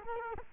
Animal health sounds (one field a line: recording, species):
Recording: mosquito wingbeat signal from an infrared sensor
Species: Culex quinquefasciatus